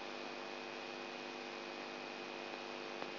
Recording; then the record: brain microelectrode recording played as sound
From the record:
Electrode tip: outside the subthalamic nucleus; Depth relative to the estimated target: -8 mm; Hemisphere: right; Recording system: AlphaMap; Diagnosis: Parkinson's disease